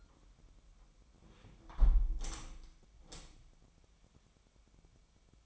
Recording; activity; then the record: daily activity, microphone in the room; close window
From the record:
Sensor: 1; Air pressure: 1006.4 hPa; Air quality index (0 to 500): 208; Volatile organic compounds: 24 ppm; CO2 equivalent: 2806 ppm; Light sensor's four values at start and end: 12/30/12/13 and 11/30/11/13